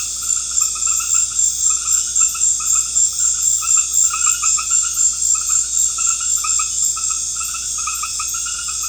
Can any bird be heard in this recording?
no